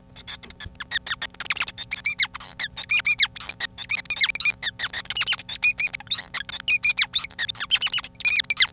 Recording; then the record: song of a male Bengalese finch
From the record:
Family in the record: son of father 5